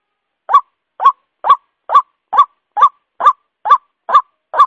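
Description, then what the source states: White-breasted waterhen: short, loud, nasal rising calls starting after a brief pause, then repeated at a quick, fairly even rhythm. Lure call used for attracting the bird.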